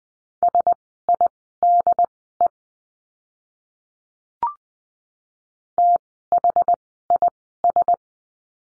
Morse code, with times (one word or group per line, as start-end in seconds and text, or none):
0.4-2.5 SIDE
5.8-7.9 THIS